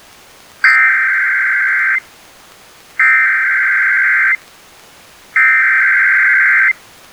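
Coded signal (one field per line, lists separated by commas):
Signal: Emergency Alert System (SAME) tones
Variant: header bursts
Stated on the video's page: Required monthly tests for the Great Shakeout earthquake and tsunami drill, relayed by NOAA Weather Radio and FM stations, recorded from a weather radio, stereos and an online stream.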